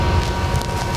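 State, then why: Not seated. A line-pressure solenoid replacement (BD pressure enhancer) is being handled at the 6R140 automatic transmission of a 2011-2018 Ford Powerstroke 6.7L, where it is pushed in and turned by its body, not its electrical connector, until it twist-locks. Only steady broadband noise is heard, with a low rumble and a faint constant tone near 1 kHz, and no sharp sounds. Nothing has seated or clicked yet.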